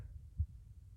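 An adult woman's heartbeat heard close up: a single low, soft thud against a quiet low-frequency background.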